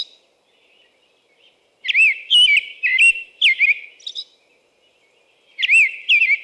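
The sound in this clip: American robin song with a brief note and a pause at the start, then a string of rich, looping whistled phrases, a short break, and two more phrases.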